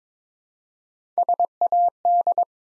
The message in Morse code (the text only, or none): SAD